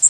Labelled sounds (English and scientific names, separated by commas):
Blackpoll Warbler (Setophaga striata) flight call